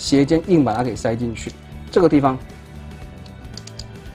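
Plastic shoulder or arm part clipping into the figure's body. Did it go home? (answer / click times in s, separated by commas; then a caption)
yes / 3.8 s. During the change to vehicle mode, the slanted shoulder of a plastic BingoToys BT-02 Windgirl Wingblade transforming robot figure is forced into place while someone talks over background music. After the talk stops, a few small plastic ticks lead to the shoulder or arm part clipping shut into the figure's body with a sharp snap at 3.8 s, leaving the joint seated and basically fixed.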